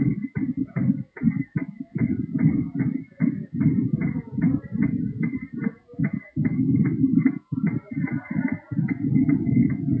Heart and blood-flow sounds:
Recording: fetal heart sounds by stethoscope on the mother's abdomen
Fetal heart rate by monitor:
0.00-10.00 s: 152 bpm
From the record:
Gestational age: 39 weeks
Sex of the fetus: boy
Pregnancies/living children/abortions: 2/1/0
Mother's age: 37 years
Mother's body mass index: 34.9

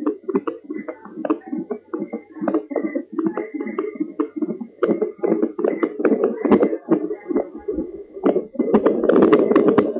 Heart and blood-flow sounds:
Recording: fetal heart sounds by stethoscope on the mother's abdomen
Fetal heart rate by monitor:
0.00-10.00 s: 144 bpm
From the record:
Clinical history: decreased amniotic fluid, low fetal growth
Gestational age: 30 weeks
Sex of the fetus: boy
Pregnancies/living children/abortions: 2/0/1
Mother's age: 28 years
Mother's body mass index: 27.1

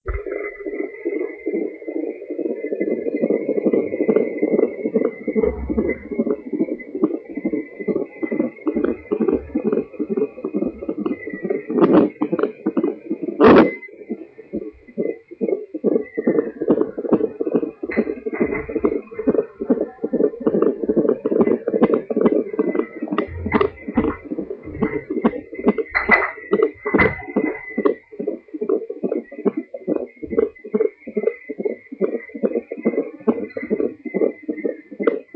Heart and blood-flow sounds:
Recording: fetal heart sounds by stethoscope on the mother's abdomen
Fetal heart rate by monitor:
0.00-10.00 s: 137 bpm
10.00-20.00 s: 138 bpm
20.00-30.00 s: 144 bpm
30.00-35.36 s: 140 bpm
From the record:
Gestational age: 36 weeks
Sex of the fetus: girl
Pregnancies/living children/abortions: 1/0/0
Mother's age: 27 years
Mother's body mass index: 22.2

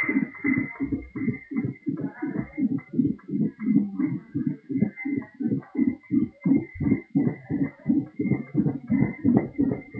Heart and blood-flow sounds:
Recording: fetal heart sounds by stethoscope on the mother's abdomen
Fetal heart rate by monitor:
0.00-10.00 s: 156 bpm
From the record:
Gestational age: 41 weeks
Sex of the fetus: girl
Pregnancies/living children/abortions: 3/2/0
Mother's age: 33 years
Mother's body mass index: 27.1

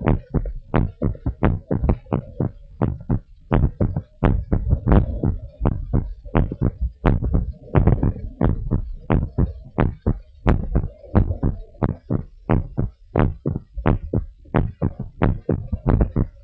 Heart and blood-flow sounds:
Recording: heart sounds of a pregnant woman by stethoscope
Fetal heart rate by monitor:
no fetal heartbeat
From the record:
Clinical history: decreased amniotic fluid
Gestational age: 34 weeks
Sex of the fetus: girl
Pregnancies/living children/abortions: 3/0/2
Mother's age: 34 years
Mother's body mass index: 28.9

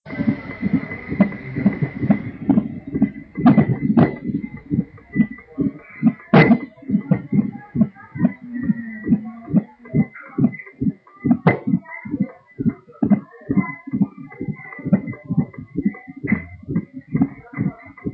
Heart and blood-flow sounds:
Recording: fetal heart sounds by stethoscope on the mother's abdomen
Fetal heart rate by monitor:
0.00-10.00 s: 138 bpm
10.00-18.14 s: 142 bpm
From the record:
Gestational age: 32 weeks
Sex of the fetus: twin girls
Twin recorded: right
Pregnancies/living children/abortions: 1/0/0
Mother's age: 20 years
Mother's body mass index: 25.0

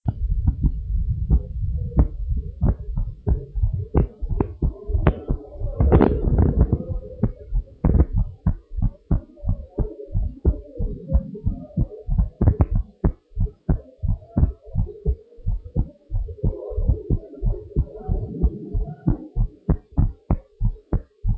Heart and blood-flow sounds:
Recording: heart sounds of a pregnant woman by stethoscope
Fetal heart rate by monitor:
no fetal heartbeat
From the record:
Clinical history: preeclampsia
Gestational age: 40 weeks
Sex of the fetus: girl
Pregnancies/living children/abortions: 1/0/0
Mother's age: 31 years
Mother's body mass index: 32.7

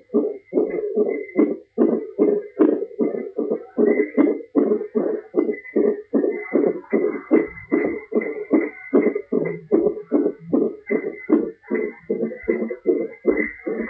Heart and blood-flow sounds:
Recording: fetal heart sounds by stethoscope on the mother's abdomen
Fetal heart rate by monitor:
0.00-10.00 s: 150 bpm
From the record:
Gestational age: 38 weeks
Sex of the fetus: boy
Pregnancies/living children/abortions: 2/1/0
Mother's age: 32 years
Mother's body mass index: 33.5

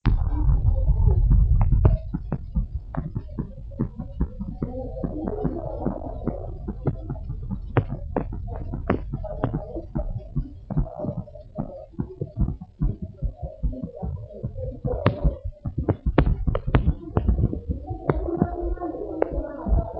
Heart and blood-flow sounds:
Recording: fetal heart sounds by stethoscope on the mother's abdomen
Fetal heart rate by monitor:
0.00-10.00 s: 138 bpm
10.00-20.00 s: 132 bpm
From the record:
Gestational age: 37 weeks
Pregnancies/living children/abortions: 3/2/0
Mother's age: 36 years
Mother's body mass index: 29.7

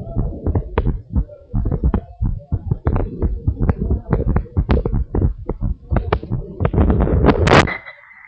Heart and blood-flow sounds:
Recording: heart sounds of a pregnant woman by stethoscope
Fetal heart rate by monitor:
no fetal heartbeat
From the record:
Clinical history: abnormal fetal non-stress test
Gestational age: 37 weeks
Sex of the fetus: boy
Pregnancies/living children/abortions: 3/1/1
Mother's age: 33 years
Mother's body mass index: 31.0

